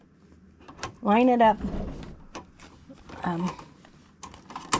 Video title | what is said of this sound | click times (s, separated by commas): Review, Creativity with the Revolutionary Brother SKITCH PP1 Embroidery Machine -A Game-Changer | okay so there you heard it click | 4.7 s